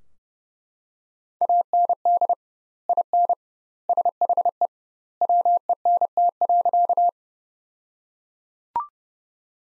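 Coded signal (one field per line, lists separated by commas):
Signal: Morse code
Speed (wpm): 30 wpm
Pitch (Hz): 700 Hz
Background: none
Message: AND IN SHE WENT.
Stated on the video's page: Morse practice sentences from the top 200 words at 30 wpm with double word spacing, a Farnsworth-like method applied to words.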